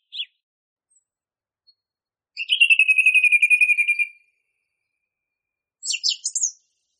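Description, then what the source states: Song thrush song: a short sharp note, then a long fast rattle of repeated notes, ending with a squeaky high phrase. Masteran recording used for training songbirds.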